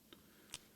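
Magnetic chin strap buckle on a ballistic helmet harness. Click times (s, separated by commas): 0.5 s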